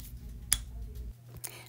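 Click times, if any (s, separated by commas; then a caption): 0.5 s. The snap cap of a Diplomat Aero Volute fountain pen with a stainless steel fine nib is pushed onto its solid metal section to close it, giving a sharp, bright click at 0.5 s as the cap snaps shut and seats. Fainter ticks follow at 1.4 s and 1.5 s over a low background hum.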